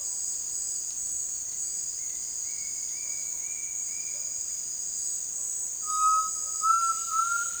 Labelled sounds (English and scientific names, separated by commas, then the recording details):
Bright-rumped Attila (Attila spadiceus), Undulated Tinamou (Crypturellus undulatus)
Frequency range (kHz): Bright-rumped Attila (Attila spadiceus) 1.8-3.0 kHz; Undulated Tinamou (Crypturellus undulatus) 0.2-2.7 kHz
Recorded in dense forest near Puerto Asís, Putumayo, Colombia, on 20 February 2024 at 17:30
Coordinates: 0.466, -76.327
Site G6413